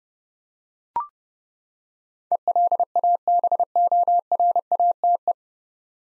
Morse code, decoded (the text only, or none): ELABORATE